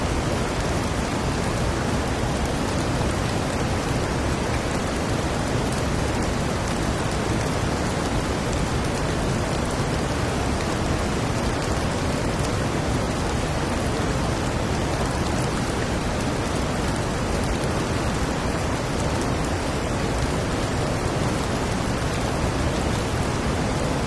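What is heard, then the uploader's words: Rushing river rapids and steady rain form a dense, unbroken roar, full from deep rumble to bright hiss, unchanging throughout. Rushing River Rapids & Rainstorm. The rushing river with the soothing sound of rain is so relaxing! The falling rain on leaves creates a wonderful atmosphere for stress relief.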